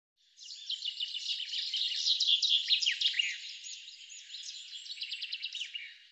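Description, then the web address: Bird giving a fast, continuous high twittering of rapid chirps and trills for about six seconds, swelling in the middle and fading at the end, on a silent background. "Deverinetal 2025 File cleaned normalized Bird Fr Co"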